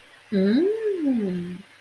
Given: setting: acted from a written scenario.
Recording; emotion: vocal sound without words; desire